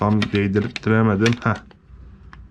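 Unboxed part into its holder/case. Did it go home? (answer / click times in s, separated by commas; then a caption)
yes / 2.3 s. An unboxed part is pressed into its holder or case after a failed try. Someone talks through the first 1.6 seconds. Then, after a quiet stretch, a single sharp tap at 2.3 seconds marks the part seating fully.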